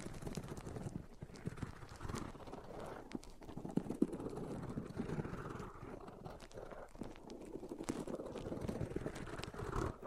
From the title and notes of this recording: ASMR Rubbing Mics On Different Surfaces (No Talking).